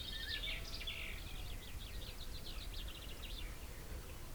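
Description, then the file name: Common chaffinch song: a rapid string of high, sharp notes, heard against heavy low background noise. "Fringilla coelebs"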